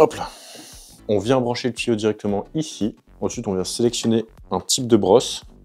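A plastic brush attachment is handled at the end of a carpet cleaner's hose while someone talks. The hose is plugged in and a brush type is selected, with a short sharp transient near the very end. The brush head has not seated or clicked onto the hose yet.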